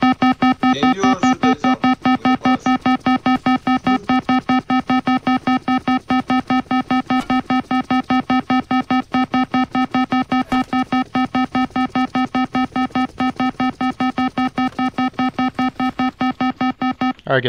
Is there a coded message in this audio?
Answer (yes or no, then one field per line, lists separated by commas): no